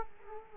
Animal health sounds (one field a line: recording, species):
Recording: mosquito wingbeat signal from an infrared sensor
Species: Culex quinquefasciatus